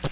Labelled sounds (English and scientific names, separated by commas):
Hooded Warbler (Setophaga citrina) flight call